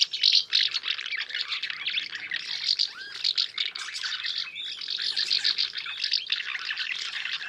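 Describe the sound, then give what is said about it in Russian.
House martins twittering continuously, a dense, dry chatter of rapid high-pitched chirps and trills with no pauses, fairly loud throughout and with no voices. “Голоса городской ласточки и береговушки, они довольно похожи. Это такой треск.”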